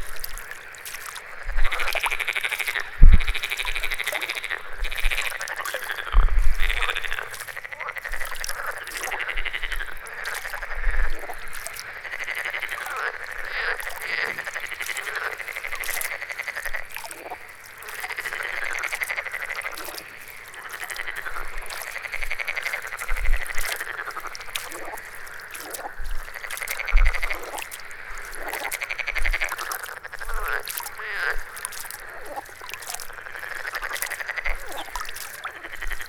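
A dense chorus of frogs calls without pause, a bright rasping trill layered over itself from many animals at once. A few louder thumps and knocks stand out near the start, around three and six seconds, while the chorus stays steady throughout.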